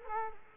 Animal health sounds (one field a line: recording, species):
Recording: mosquito wingbeat signal from an infrared sensor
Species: Culex quinquefasciatus